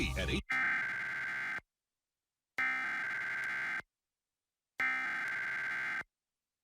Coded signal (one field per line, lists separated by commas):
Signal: Emergency Alert System (SAME) tones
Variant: header bursts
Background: speech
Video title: WFMZ-AW Emergency Alert System - Tornado Warning (September 1, 2021; 6:42pm)